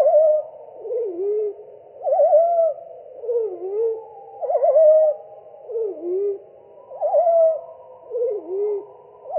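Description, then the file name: European pied flycatcher song, a long series of low whistled phrases alternating a trilled note with a dipping, curved whistle. "GOBEMOUCHE NOIR"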